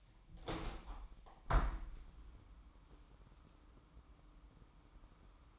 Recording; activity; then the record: daily activity, microphone in the room; open window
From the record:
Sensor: 1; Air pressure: 998.2 hPa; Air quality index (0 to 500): 140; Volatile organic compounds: 4 ppm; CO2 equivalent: 1677 ppm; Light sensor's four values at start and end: 15/53/21/21 and 16/53/21/21